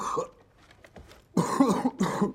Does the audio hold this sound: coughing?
yes